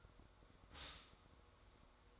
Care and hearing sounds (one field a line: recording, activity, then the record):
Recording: daily activity, microphone in the room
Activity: stop toaster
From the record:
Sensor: 3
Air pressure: 1004.2 hPa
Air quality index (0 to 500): 201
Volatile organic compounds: 15 ppm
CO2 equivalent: 2515 ppm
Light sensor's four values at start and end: 4/11/4/4 and 4/11/4/4